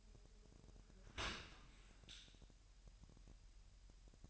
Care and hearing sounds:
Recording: daily activity, microphone in the room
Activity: open dishwasher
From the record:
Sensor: 2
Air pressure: 1000.5 hPa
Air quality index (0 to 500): 246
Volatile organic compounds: 91 ppm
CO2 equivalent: 3691 ppm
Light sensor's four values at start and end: 9/21/9/9 and 9/21/9/9

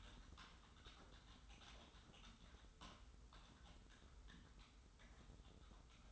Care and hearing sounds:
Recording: daily activity, microphone in the room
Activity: typing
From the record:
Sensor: 3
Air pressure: 990.9 hPa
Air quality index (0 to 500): 139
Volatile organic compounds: 261 ppm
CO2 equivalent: 4388 ppm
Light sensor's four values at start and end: 38/91/36/35 and 37/90/36/35

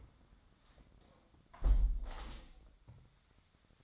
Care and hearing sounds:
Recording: daily activity, microphone in the room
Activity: close window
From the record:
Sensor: 3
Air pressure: 1006.3 hPa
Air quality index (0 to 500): 184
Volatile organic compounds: 12 ppm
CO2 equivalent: 2344 ppm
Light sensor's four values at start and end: 10/23/9/9 and 9/22/9/9

